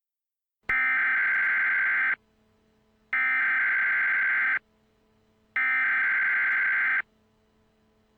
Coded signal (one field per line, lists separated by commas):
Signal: Emergency Alert System (SAME) tones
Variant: header bursts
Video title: EAS Scenario - Galveston Hurricane